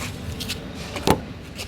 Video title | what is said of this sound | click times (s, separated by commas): engine information #kishordrivingschool. | आवाज आला का? कटकन आवाज येतो. त्याच्यानंतर हे तुमचं उघडलं बोनट. | 1.1 s